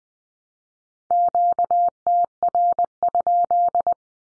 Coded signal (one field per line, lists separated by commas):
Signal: Morse code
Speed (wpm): 20 wpm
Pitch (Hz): 700 Hz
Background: none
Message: QTR?